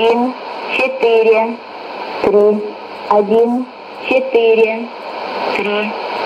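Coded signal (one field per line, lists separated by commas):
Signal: numbers station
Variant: S06s Russian Lady, Russian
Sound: a woman's voice reading short words at a steady pace over hiss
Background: radio static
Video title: 11 01 2018 Numbers station S06s Russian Lady in Russian to Eu 0940 on 9540 unknown tx site in CUSB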